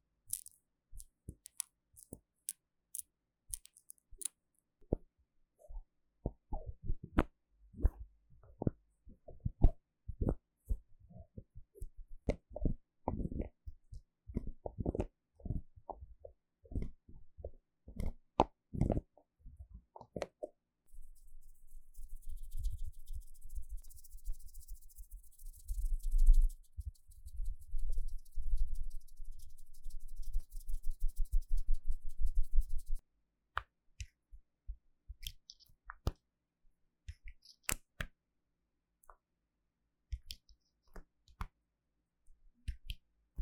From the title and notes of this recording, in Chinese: ASMR 瓶瓶罐罐觸發與瓶蓋聲 | Bottle Caps Sounds for Relaxation & Sleep | NO Talking。